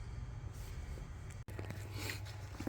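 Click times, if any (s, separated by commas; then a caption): none. A metal CP3 high-pressure fuel pump for an LB7 Duramax is worked down into the engine valley, gear end first at about 45 degrees, and wiggled until it drops in. A steady low hum runs underneath, with a brief dropout near 1.5 s and small handling knocks at about 1.3, 1.6 and 1.7 s. The pump is down in the valley but has not seated or clicked yet, with the O-ring and gear still out.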